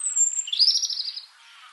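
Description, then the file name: European robin song phrase: a thin high whistle, then a brief warbling trill of fine high notes fading out. "Erithacus rubecula"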